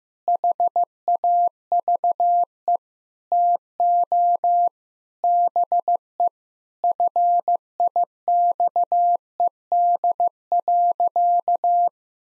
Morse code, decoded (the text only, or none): HAVE TO BE FIXED.